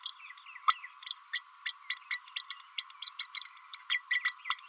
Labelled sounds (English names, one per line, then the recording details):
Green-rumped Parrotlet babbling
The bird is a female
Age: 30 days
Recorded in a nest box in Venezuela
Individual 17B32A5